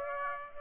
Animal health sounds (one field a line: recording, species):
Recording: mosquito wingbeat signal from an infrared sensor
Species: Aedes aegypti